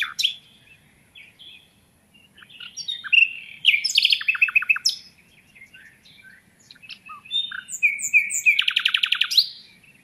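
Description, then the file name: Common nightingale song of varied whistles, rapid descending repeated notes and a loud fast trill near the end, with brief pauses. "Luscinia megarhynchos"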